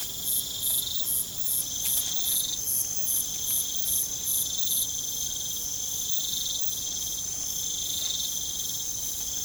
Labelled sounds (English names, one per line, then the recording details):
none
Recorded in pastures near Puerto Asís, Putumayo, Colombia, on 23 June 2025 at 21:30
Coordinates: 0.472, -76.331
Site G095